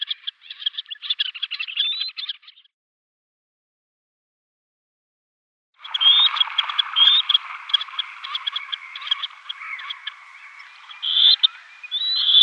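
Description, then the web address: Black-necked grebe trilling: rapid pulsed, chittering bursts, a pause of a few seconds, then a longer dense rippling trill with high whistled notes mixed in. "Schulze Peter Black-necked Grebe"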